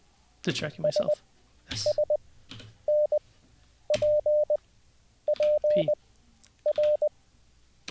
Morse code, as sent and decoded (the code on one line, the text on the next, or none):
... ... -. .--. .--. .-.
SSNPPR